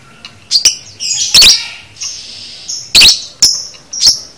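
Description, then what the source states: Lovebird chattering with shrill chirps, harsh buzzy trills and a sustained high rasp between bursts. Training recording (masteran) of lovebird konslet chatter, used to teach lovebirds to chatter.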